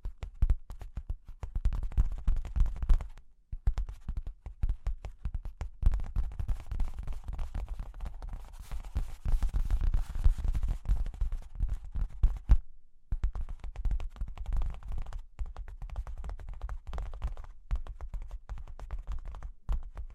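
Cork and wood are tapped, scratched and traced in a dense, irregular run of small dry clicks and scrapes, heaviest in the low end with a soft hiss above. Brief silences break it near three and thirteen seconds before the busy texture resumes.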